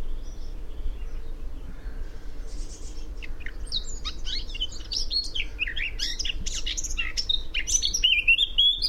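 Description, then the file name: Eurasian blackcap song building from quiet scratchy twitters into quick chattering notes, ending in a loud, clear fluty warble; faint low hum underneath throughout. "Sylvia atricapilla"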